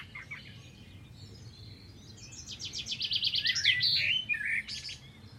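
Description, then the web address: Bird delivering a rapid buzzy trill of repeated high notes that swells in loudness, followed by a few sliding chirps, over low background noise. "Deverinetal. Bird Only"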